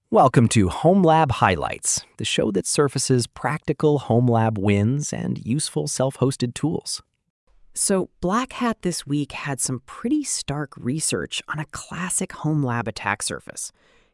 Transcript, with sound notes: Welcome to Homelab Highlights, the show that surfaces practical homelab wins and useful self-hosted tools.
[thoughtful] So, Black Hat this week had some pretty stark research on a classic homelab attack surface.